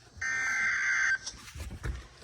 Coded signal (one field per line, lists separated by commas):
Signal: Emergency Alert System (SAME) tones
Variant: header bursts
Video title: NOAA EAS severe thunderstorm warning for Lincoln county ￼(near my area!)